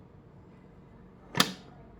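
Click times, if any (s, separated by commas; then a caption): 1.4 s. A snap-on presser foot is positioned correctly under the foot holder of a Usha Janom Stitch Queen sewing machine, and the holder is lowered onto it. After quiet background noise, a single sharp, loud click is heard at 1.4 s as the foot locks into the holder and is seated.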